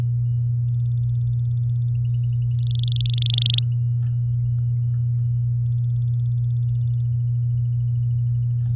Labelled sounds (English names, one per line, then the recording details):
Domestic Canary song
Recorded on 9 May 2018 at 06:59
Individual llb16